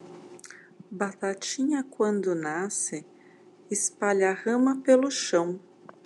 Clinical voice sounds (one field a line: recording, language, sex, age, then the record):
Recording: short text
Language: Brazilian Portuguese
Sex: female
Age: 40 to 49 years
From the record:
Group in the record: control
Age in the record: 42 years